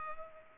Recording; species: mosquito wingbeat signal from an infrared sensor; Culex pipiens